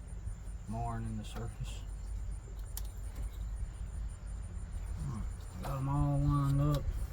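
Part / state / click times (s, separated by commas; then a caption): fuel injector into fuel rail/intake manifold / not seated / none. Fuel injectors on a 1997 Jeep Cherokee XJ are handled after being lined up, ready to be pushed into the fuel rail or intake manifold. Someone talks over a steady cricket-like insect chirping, with a brief sharp tick at about 2.8 seconds. Nothing has seated or clicked into place yet.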